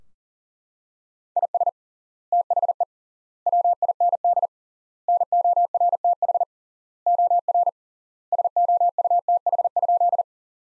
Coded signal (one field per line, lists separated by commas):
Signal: Morse code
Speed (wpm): 37 wpm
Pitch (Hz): 700 Hz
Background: none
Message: IS THE WIND NORTH OR SOUTH?